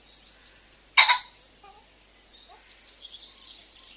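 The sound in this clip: Common pheasant gives a single sudden, rasping two-part crow, then small birds keep twittering softly around it.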